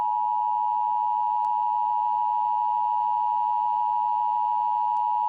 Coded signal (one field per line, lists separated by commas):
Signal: Emergency Alert System (SAME) tones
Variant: 853 and 960 Hz attention tone